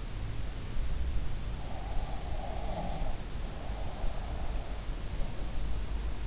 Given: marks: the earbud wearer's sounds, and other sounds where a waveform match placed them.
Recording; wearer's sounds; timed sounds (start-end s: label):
sounds in sleep by an in-ear microphone; breath
1.80-4.61 s: breath